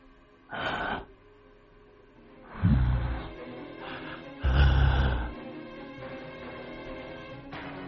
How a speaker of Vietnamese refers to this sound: Đột nhiên vang lên tiếng hừ hừ.